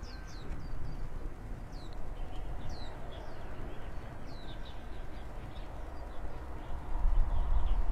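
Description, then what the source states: Birds make quick, high, down-slurred chirps repeated at an irregular pace, over a low background hum that swells toward the end. Birds playfully active in the branches in front of a rural country house, early morning, heard from an opened window; scene described as harmonious and quiet.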